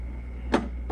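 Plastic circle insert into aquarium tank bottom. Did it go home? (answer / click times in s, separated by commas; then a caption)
yes / 0.5 s. A circular plastic insert is pressed into the bottom of an empty Fluval Flex aquarium before the substrate goes in. It snaps into place with a sharp click at 0.5 s, followed by two softer brief knocks near 0.9 and 1.0 s over a low steady hum. The ring is seated and locked in the tank bottom.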